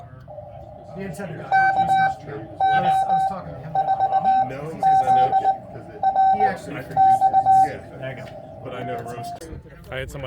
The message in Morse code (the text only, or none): KO4ZRX